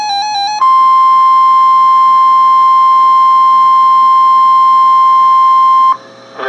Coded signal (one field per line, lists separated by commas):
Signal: Emergency Alert System (SAME) tones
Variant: 1050 Hz attention tone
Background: music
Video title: Severe Thunderstorm Warning (EAS #1543)